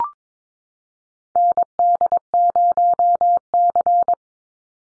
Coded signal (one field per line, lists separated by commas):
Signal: Morse code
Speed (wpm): 22 wpm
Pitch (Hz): 700 Hz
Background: none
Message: ND0C